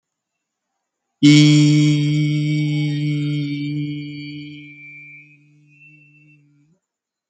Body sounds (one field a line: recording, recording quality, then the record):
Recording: sustained vowel as in beet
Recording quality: excellent, no background noise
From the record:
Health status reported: healthy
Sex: male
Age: 20 years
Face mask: not worn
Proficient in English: yes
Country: India